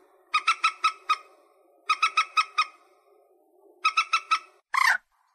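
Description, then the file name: White-breasted waterhen calling: three quick series of harsh, nasal pulsed notes over a low steady hum, followed by one loud abrupt burst. "Tieng cuoc bien cuoc moc trich re chim den"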